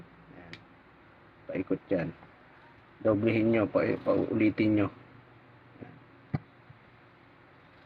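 A replacement LCD screen assembly for a vivo Y11 is pressed around its edge into the phone's housing frame, giving a sharp click at 0.5 s as the screen snaps into place and is seated. Someone talks in the middle of the clip, and another short tick comes at about 6.4 s.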